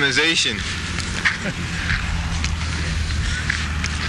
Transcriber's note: laughing